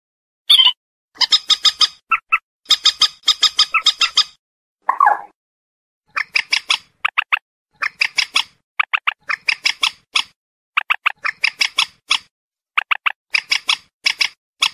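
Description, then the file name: Purple swamphen calling: bursts of harsh, nasal clucking notes, often in quick triplets, with a lower drawn-out squeal near five seconds, repeated throughout. "Tieng trich re keu"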